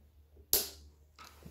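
A replacement primer pump bulb is pushed harder into the carburetor of a Briggs Quantum lawn mower, giving a loud, sharp click at 0.5 s followed by faint handling noise. The first retaining clip has engaged, but the top clip has not yet clicked in.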